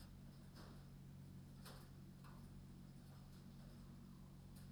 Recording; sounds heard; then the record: poultry house recording; no chicken sound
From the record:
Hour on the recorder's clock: 22